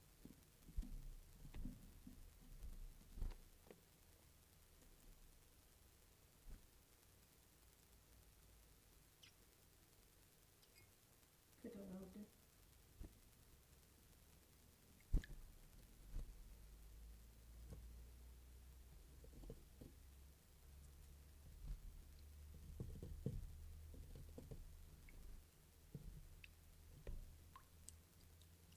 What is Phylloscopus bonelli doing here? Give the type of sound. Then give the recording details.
begging call. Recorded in captivity. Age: juvenile. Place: Zoologisches Institut Universität Tübingen, Baden-Württemberg, DE. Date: 1970-06-28 18:45. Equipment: Nagra III PH, MD211, DP26. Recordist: Killmaier and Stumbrat